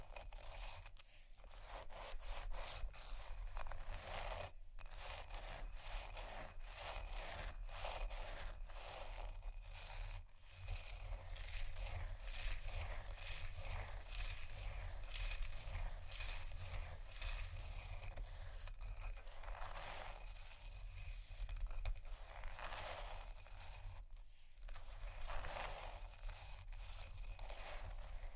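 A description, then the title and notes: Ice is scratched and tapped in a dense, irregular stream of short gritty strokes and clicks, bright and hissy up high. The scraping grows busier and sharper around the middle, with a few brief gaps near 1, 4.5, 10 and 24 seconds over a low steady hum. Ice Scratch & Tap. No Talking.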